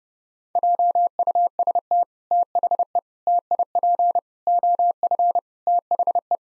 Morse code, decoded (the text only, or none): JUST THE TIP OF THE